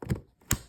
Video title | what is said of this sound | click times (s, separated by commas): My first PC build ￼ | I heard two clicks. Yay. | 0.5 s